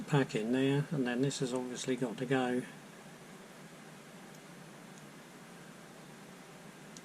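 During refurbishment of a Ryobi Tek4 Li-Ion cordless screwdriver, a small internal part is being handled before it is pushed onto the slider/gear assembly. Someone talks for the first 2.6 seconds, then there is only a quiet, steady hiss, with a faint brief tick at about 7.0 seconds. Nothing has seated or clicked yet.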